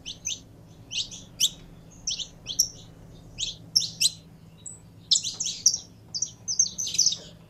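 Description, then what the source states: Belgian canary song in short separate bursts of high, sharp chirps and trills, with a faint low hum behind. Song of a purebred Belgian canary.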